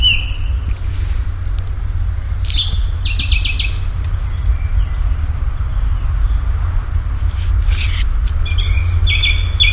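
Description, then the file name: Common nightingale singing varied phrases: a rapid rattling series of repeated notes, high drawn-out whistles and a fast buzzy trill near the end, with low rumbling noise throughout. "Nachtigall"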